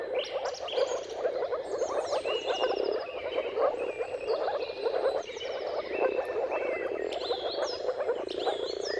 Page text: Jakub-Orzecki moor frogs. Dawn’s Chorus: Mating Calls of Marsh Frogs at Sunrise. Depending on the weather at the turn of March and April, you can witness an amazing spectacle of moor frogs